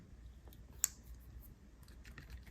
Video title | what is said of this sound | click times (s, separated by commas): Wiring an Electric Motorcycle: From Start to Finish | and then it snaps right in there | 0.8 s